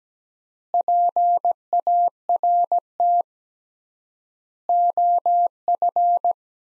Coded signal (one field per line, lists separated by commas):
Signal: Morse code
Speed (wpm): 17 wpm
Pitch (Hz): 700 Hz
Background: none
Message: PART OF